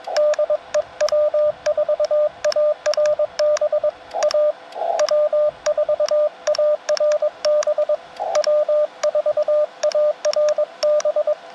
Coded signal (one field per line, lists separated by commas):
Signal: Morse code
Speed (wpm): 22 wpm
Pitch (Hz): 600 Hz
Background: radio noise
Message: DE W4ARB A W4ARB W4ARB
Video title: Lunch Time POTA CW Activation - 9/8/23 @ K-4451